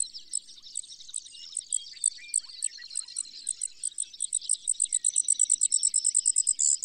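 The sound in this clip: Brewer's sparrow song, very high separate chips that speed up into a quick rattling series above a softer buzzy trill.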